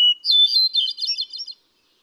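Hermit thrush song, a brief whistled introductory tone breaking into a spiralling run of fluty, bell-like notes, ending quickly in silence.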